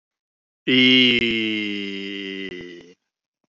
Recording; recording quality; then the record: sustained vowel as in beet; excellent, no background noise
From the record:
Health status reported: healthy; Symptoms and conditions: diabetes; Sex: male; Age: 54 years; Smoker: not ticked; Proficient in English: yes